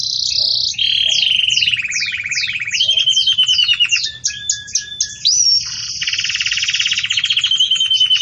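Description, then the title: Belgian canary song, a continuous high warble of rapid trills and downward-sweeping notes, changing tempo in rolling phrases with brief pauses. Belgian canary, bell-like song style ('campainha'), used for song-tutoring young canaries. "Belíssimo Canto Do Canário Belga Campainha Para Encarte De Filhotes"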